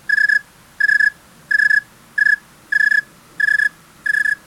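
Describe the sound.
Cricket chirping in seven regular pulsed bursts, about one every 0.7 seconds, each a short trill with a clear tone and faint higher overtones, over quiet low background hiss.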